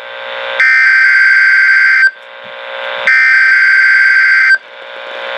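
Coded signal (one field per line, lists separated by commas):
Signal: Emergency Alert System (SAME) tones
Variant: header bursts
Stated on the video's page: Required weekly test received on a Midland WR-120 weather radio and a Uniden BC75XLT scanner.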